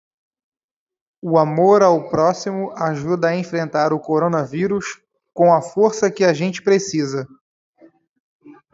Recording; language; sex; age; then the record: spoken sentence; Brazilian Portuguese; male; 30 to 39 years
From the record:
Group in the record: control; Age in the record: 33 years